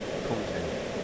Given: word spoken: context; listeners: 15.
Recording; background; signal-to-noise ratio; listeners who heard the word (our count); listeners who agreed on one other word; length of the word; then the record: one English word in noise, from a listening test; speech-shaped noise; -4.4 dB; 1 of 15; 12 of 15; 0.64 s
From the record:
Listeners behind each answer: 12, 1, 1, 1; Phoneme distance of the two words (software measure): 17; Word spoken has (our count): 2 syllables, 8 phonemes, stress on syllable 1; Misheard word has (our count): 2 syllables, 7 phonemes, stress on syllable 1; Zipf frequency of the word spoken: 4.28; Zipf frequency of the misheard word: 4.22